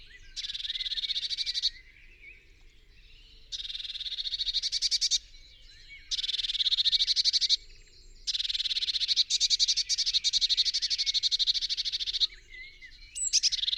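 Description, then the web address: Eurasian blue tit scolding calls: dry, buzzy churring rattles of rapid pulses, given in several bursts separated by short pauses. "SETE Cyanistes caeruleus"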